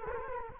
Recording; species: mosquito wingbeat signal from an infrared sensor; Culex quinquefasciatus